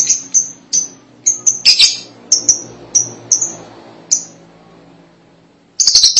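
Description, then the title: Lovebird repeating short, piercing chirps, with a brief chatter in the middle, a pause, and a shrill burst at the close. "BM Suara Burung Lovebird"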